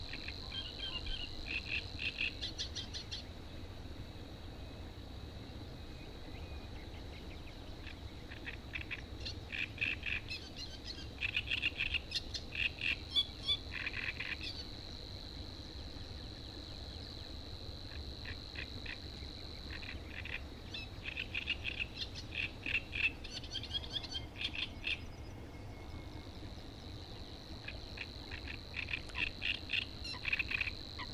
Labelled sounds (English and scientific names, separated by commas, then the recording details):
Great Reed Warbler (Acrocephalus arundinaceus) song
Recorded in the wild
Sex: male
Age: adult
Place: Hobrechtsfelder Rieselfelder, Naturpark Barnim, Berlin, DE
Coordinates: 52.6678, 13.4708
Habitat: pond
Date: 2008-04-27
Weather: clear, ca. 10°C, no wind
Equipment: Sound Devices 702, Sennheiser MKH 70, Windkorb
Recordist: Frommolt, Karl-Heinz